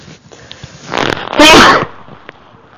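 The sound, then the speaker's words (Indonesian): A single sneeze during an Islamic sermon: a brief breathy intake builds up, then bursts into a loud, sharp, noisy explosion that quickly fades, with no talking. “Alhamdulillah. Yarhamukallah.”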